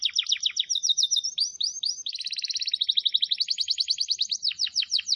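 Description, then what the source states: Canary singing fast high trills without pause. It switches quickly between clipped chirps and smooth rolling tours. Lure recording.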